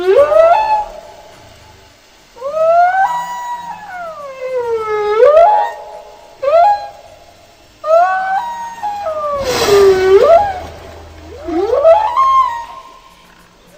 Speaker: Así canta la ballena yubarta.